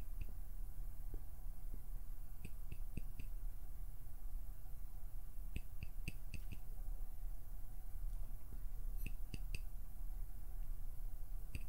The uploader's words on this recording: PLUCKING, PINCHING, FINGER FLUTTERING, PERSONAL ATTENTION - NO TALKING.